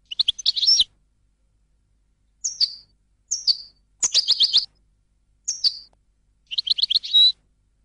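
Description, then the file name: European goldfinch with scattered short phrases: twittering chirps, several slurred descending notes, and a final run of quick chirps ending in a thin whistle. "audio burung goldfinch"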